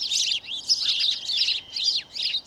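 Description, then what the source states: Sparrow chirps, a dense, high twittering chatter of quick notes, in bursts with short gaps. Sparrows put cigarette stubs in their nest lining, which deters mites.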